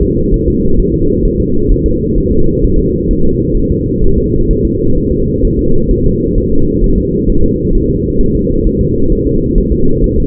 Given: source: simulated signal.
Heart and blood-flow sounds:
fetal heart sounds
0.03 s: S2
0.34 s: S1
0.48 s: S2
0.80 s: S1
0.94 s: S2
1.25 s: S1
1.40 s: S2
1.72 s: S1
1.86 s: S2
2.18 s: S1
2.32 s: S2
2.64 s: S1
2.79 s: S2
3.11 s: S1
3.25 s: S2
3.57 s: S1
3.72 s: S2
4.04 s: S1
4.18 s: S2
4.51 s: S1
4.65 s: S2
4.98 s: S1
5.12 s: S2
5.45 s: S1
5.59 s: S2
5.91 s: S1
6.06 s: S2
6.38 s: S1
6.52 s: S2
6.84 s: S1
6.98 s: S2
7.30 s: S1
7.44 s: S2
7.75 s: S1
7.90 s: S2
8.21 s: S1
8.35 s: S2
8.67 s: S1
8.81 s: S2
9.12 s: S1
9.27 s: S2
9.58 s: S1
9.72 s: S2
10.04 s: S1
10.18 s: S2
From the record:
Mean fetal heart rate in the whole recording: 130 bpm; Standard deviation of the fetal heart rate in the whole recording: 4 bpm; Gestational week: 38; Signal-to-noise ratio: -17.7 dB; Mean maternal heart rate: 72 bpm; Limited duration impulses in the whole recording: present

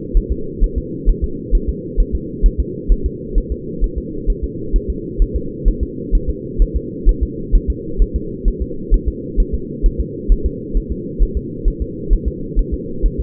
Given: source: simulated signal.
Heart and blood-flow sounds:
fetal heart sounds
0.17 s: S1
0.32 s: S2
0.64 s: S1
0.78 s: S2
1.09 s: S1
1.24 s: S2
1.55 s: S1
1.69 s: S2
2.00 s: S1
2.15 s: S2
2.46 s: S1
2.60 s: S2
2.92 s: S1
3.06 s: S2
3.38 s: S1
3.52 s: S2
3.84 s: S1
3.98 s: S2
4.30 s: S1
4.44 s: S2
4.76 s: S1
4.90 s: S2
5.22 s: S1
5.36 s: S2
5.68 s: S1
5.83 s: S2
6.15 s: S1
6.29 s: S2
6.62 s: S1
6.76 s: S2
7.09 s: S1
7.23 s: S2
7.55 s: S1
7.70 s: S2
8.02 s: S1
8.16 s: S2
8.48 s: S1
8.62 s: S2
8.94 s: S1
9.08 s: S2
9.40 s: S1
9.54 s: S2
9.86 s: S1
10.00 s: S2
10.32 s: S1
10.46 s: S2
10.77 s: S1
10.92 s: S2
11.22 s: S1
11.37 s: S2
11.68 s: S1
11.82 s: S2
12.13 s: S1
12.28 s: S2
12.59 s: S1
12.74 s: S2
13.06 s: S1
13.20 s: S2
From the record:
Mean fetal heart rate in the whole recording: 130 bpm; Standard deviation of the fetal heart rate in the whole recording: 4 bpm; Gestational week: 38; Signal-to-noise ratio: -4.3 dB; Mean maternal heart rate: 72 bpm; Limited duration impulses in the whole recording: absent

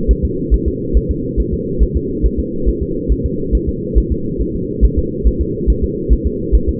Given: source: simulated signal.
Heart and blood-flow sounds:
fetal heart sounds
0.11 s: S1
0.25 s: S2
0.54 s: S1
0.68 s: S2
0.97 s: S1
1.11 s: S2
1.40 s: S1
1.54 s: S2
1.83 s: S1
1.96 s: S2
2.25 s: S1
2.39 s: S2
2.68 s: S1
2.82 s: S2
3.12 s: S1
3.26 s: S2
3.55 s: S1
3.69 s: S2
3.98 s: S1
4.12 s: S2
4.41 s: S1
4.55 s: S2
4.85 s: S1
4.98 s: S2
5.27 s: S1
5.41 s: S2
5.70 s: S1
5.84 s: S2
6.13 s: S1
6.27 s: S2
6.55 s: S1
6.69 s: S2
From the record:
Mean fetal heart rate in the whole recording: 140 bpm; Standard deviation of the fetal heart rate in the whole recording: 2 bpm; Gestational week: 34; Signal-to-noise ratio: -6.6 dB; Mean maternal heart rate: 72 bpm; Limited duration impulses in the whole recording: present

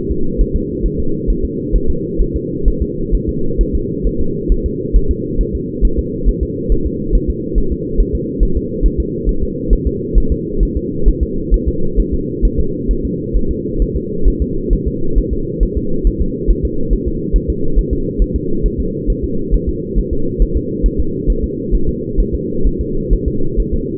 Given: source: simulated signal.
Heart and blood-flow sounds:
fetal heart sounds
0.12 s: S2
0.41 s: S1
0.56 s: S2
0.86 s: S1
1.00 s: S2
1.30 s: S1
1.45 s: S2
1.75 s: S1
1.90 s: S2
2.22 s: S1
2.36 s: S2
2.68 s: S1
2.82 s: S2
3.15 s: S1
3.29 s: S2
3.61 s: S1
3.75 s: S2
4.07 s: S1
4.21 s: S2
4.52 s: S1
4.66 s: S2
4.96 s: S1
5.11 s: S2
5.41 s: S1
5.55 s: S2
5.85 s: S1
5.99 s: S2
6.29 s: S1
6.43 s: S2
6.72 s: S1
6.87 s: S2
7.15 s: S1
7.30 s: S2
7.58 s: S1
7.72 s: S2
8.00 s: S1
8.15 s: S2
8.43 s: S1
8.57 s: S2
8.86 s: S1
9.00 s: S2
9.29 s: S1
9.43 s: S2
9.73 s: S1
9.87 s: S2
10.18 s: S1
10.32 s: S2
10.63 s: S1
10.77 s: S2
11.08 s: S1
11.23 s: S2
11.54 s: S1
11.68 s: S2
12.00 s: S1
12.14 s: S2
12.45 s: S1
12.60 s: S2
12.91 s: S1
13.05 s: S2
13.36 s: S1
13.51 s: S2
13.82 s: S1
13.96 s: S2
14.28 s: S1
14.42 s: S2
14.73 s: S1
14.88 s: S2
15.18 s: S1
15.33 s: S2
15.63 s: S1
15.77 s: S2
16.07 s: S1
16.22 s: S2
16.50 s: S1
16.65 s: S2
16.93 s: S1
17.08 s: S2
17.36 s: S1
17.50 s: S2
17.78 s: S1
17.93 s: S2
18.22 s: S1
18.36 s: S2
18.66 s: S1
18.80 s: S2
19.10 s: S1
19.24 s: S2
19.54 s: S1
19.69 s: S2
19.98 s: S1
20.13 s: S2
20.42 s: S1
20.57 s: S2
20.86 s: S1
21.00 s: S2
21.30 s: S1
21.44 s: S2
21.75 s: S1
21.89 s: S2
22.20 s: S1
22.35 s: S2
22.67 s: S1
22.81 s: S2
23.13 s: S1
23.28 s: S2
23.60 s: S1
23.74 s: S2
From the record:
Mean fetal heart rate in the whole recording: 135 bpm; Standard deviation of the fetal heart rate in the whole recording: 3 bpm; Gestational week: 36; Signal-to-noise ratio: -8.1 dB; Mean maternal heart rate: 72 bpm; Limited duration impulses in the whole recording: absent

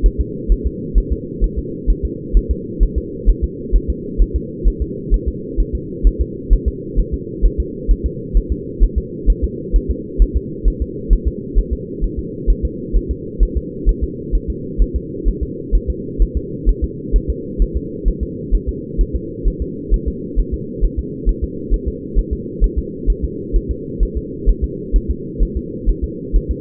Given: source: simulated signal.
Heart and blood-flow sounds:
fetal heart sounds
0.06 s: S1
0.20 s: S2
0.52 s: S1
0.66 s: S2
0.98 s: S1
1.12 s: S2
1.44 s: S1
1.58 s: S2
1.90 s: S1
2.05 s: S2
2.37 s: S1
2.51 s: S2
2.83 s: S1
2.98 s: S2
3.30 s: S1
3.44 s: S2
3.76 s: S1
3.90 s: S2
4.22 s: S1
4.36 s: S2
4.68 s: S1
4.82 s: S2
5.14 s: S1
5.28 s: S2
5.60 s: S1
5.75 s: S2
6.07 s: S1
6.21 s: S2
6.53 s: S1
6.68 s: S2
7.00 s: S1
7.14 s: S2
7.45 s: S1
7.60 s: S2
7.91 s: S1
8.06 s: S2
8.37 s: S1
8.52 s: S2
8.83 s: S1
8.98 s: S2
9.30 s: S1
9.44 s: S2
9.76 s: S1
9.91 s: S2
10.22 s: S1
10.37 s: S2
10.68 s: S1
10.82 s: S2
11.13 s: S1
11.28 s: S2
11.58 s: S1
11.73 s: S2
12.04 s: S1
12.19 s: S2
12.50 s: S1
12.65 s: S2
12.97 s: S1
13.11 s: S2
13.43 s: S1
13.57 s: S2
13.89 s: S1
14.03 s: S2
14.35 s: S1
14.50 s: S2
14.82 s: S1
14.96 s: S2
15.28 s: S1
15.43 s: S2
15.75 s: S1
15.90 s: S2
16.22 s: S1
16.37 s: S2
16.69 s: S1
16.84 s: S2
17.16 s: S1
17.30 s: S2
17.62 s: S1
17.77 s: S2
18.08 s: S1
18.23 s: S2
18.55 s: S1
18.69 s: S2
19.01 s: S1
19.16 s: S2
19.47 s: S1
19.62 s: S2
19.94 s: S1
20.08 s: S2
20.39 s: S1
20.54 s: S2
20.84 s: S1
20.99 s: S2
21.29 s: S1
21.44 s: S2
21.74 s: S1
21.88 s: S2
22.18 s: S1
22.33 s: S2
22.64 s: S1
22.79 s: S2
23.10 s: S1
23.24 s: S2
23.56 s: S1
23.71 s: S2
24.03 s: S1
24.17 s: S2
24.49 s: S1
24.64 s: S2
24.96 s: S1
25.11 s: S2
25.43 s: S1
25.57 s: S2
25.89 s: S1
26.04 s: S2
26.36 s: S1
26.51 s: S2
From the record:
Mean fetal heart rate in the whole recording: 130 bpm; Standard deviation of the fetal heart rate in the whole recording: 2 bpm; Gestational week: 36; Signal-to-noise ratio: -4.1 dB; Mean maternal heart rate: no maternal heart sound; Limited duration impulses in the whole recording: absent

